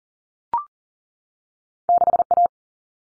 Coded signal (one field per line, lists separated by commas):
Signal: Morse code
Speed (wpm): 40 wpm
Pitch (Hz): 700 Hz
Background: none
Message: 6A